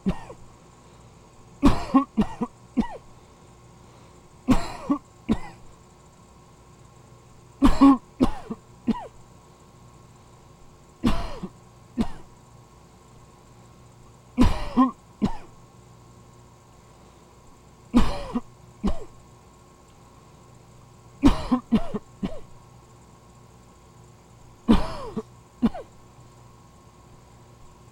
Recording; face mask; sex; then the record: voluntary coughing; surgical mask; male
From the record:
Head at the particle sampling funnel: tilted down, bridge of the nose in front of it